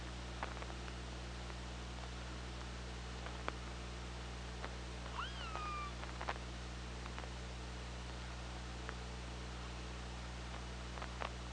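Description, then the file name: Orca call: a single tonal whistle-like call that sweeps up and then down, with a strong harmonic, amid scattered sharp clicks over a constant low underwater hum. Hydrophone recording made underwater on 24 August 2017. "Orca Lab"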